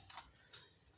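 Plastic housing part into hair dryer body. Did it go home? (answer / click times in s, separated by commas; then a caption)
no / none. While reassembling a cleaned hair dryer, a plastic housing part is lined up by its curved guides with the hair dryer body to be pressed into place. Brief, light plastic handling ticks are heard at about 0.1 s, 0.2 s and 0.5 s over a quiet background. Nothing has seated or clicked yet; the part is not yet home.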